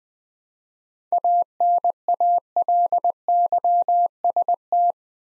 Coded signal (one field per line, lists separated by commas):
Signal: Morse code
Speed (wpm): 20 wpm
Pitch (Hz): 700 Hz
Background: none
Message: ANALYST